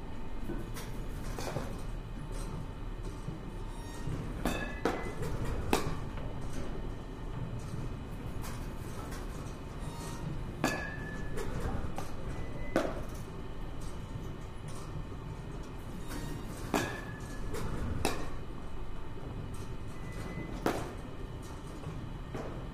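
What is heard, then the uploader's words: Batting cage ambience: a steady low rumble of machinery runs throughout, broken by sharp cracks and clanks every few seconds, near 1.5, 4.5, 6, 10.5, 13, 17, 18 and 21 seconds. A faint steady tone hums underneath, with scattered small knocks between the louder hits. バッティングセンターの音です. Sound of batting cage.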